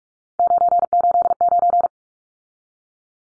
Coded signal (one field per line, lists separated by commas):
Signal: Morse code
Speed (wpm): 44 wpm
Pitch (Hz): 700 Hz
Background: none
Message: 989